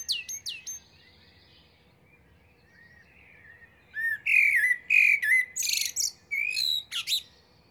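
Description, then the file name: Common blackbird: a few high twittery notes, a few seconds of near quiet, then a loud phrase of fluted warbles and sharp high squeaks. "Turdus merula"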